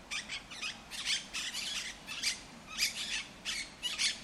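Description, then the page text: Monk parakeet squawking calls, harsh and grating, in quick uneven bursts of several notes. El Retiro park, Madrid; Madrid has Europe's largest monk parakeet population. "Cities and Memory - remixing the world. Monk parakeets in Madrid. Madrid has the greatest population of Monk Parakeets in Europe, many of whom can be seen and heard in the El Retiro park"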